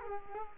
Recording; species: mosquito wingbeat signal from an infrared sensor; Culex quinquefasciatus